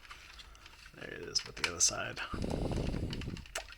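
A plastic panel's tab is pushed on the other side of a transforming robot toy and clips into a slot, seating with a sharp snap at 3.6 s after some light handling clicks and rustling. Someone talks during the clip.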